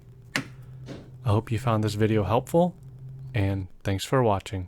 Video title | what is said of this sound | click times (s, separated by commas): License Plate Bulb Replacement - Toyota Corolla iM/Scion iM | then press it back until it clicks | 0.4 s